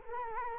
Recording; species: mosquito wingbeat signal from an infrared sensor; Culex quinquefasciatus